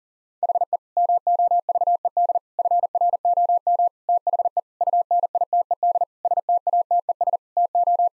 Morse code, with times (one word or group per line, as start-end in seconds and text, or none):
0.4-0.8 HE
1.0-2.4 MOVED
2.6-3.9 FROM
4.1-4.6 THE
4.8-6.0 UNITED
6.2-7.4 STATES
7.6-8.1 TO